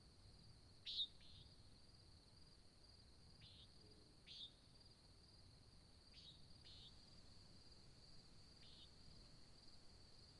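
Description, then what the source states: Nighthawk calls: short, buzzy nasal notes, irregularly spaced, the first clearly strongest, over a steady high insect drone. Recorded at Sutton in July 2017 at dawn; labelled as nighthawk competition.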